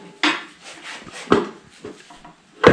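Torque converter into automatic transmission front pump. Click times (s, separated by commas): 0.2 s, 1.3 s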